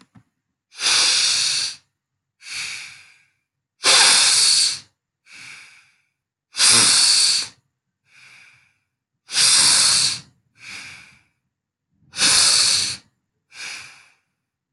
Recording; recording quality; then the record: deep breathing; excellent, no background noise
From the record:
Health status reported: respiratory illness, not identified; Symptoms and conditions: cough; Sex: male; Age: 32 years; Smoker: yes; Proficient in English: yes